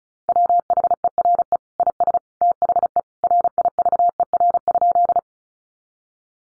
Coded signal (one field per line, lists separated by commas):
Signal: Morse code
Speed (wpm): 34 wpm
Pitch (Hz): 700 Hz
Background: none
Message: WHERE IS THE RIVER?